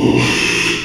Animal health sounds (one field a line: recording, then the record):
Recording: squeal of a Yucatan mini pig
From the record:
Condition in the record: after surgery on the right vocal fold (resection and tissue-engineered implant)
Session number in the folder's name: 1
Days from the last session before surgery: 6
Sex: male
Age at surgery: 12 weeks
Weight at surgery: 13 kg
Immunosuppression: cyclosporine, prednisolone